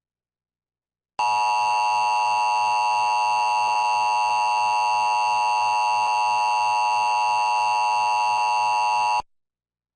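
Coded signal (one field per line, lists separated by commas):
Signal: Emergency Alert System (SAME) tones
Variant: 853 and 960 Hz attention tone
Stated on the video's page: Required monthly test and severe thunderstorm warnings received on TV, with audio monitored from a relay network.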